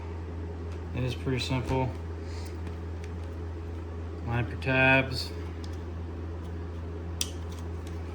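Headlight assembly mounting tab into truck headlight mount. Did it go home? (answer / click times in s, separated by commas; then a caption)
yes / 7.2 s. Someone talks while lining up the plastic tabs of a retrofitted HID projector headlight assembly and pushing them into their mounts on an OBS Chevy truck, over a steady low hum. A sharp, loud click at 7.2 s marks the headlight assembly tab clicking in, and the assembly is seated.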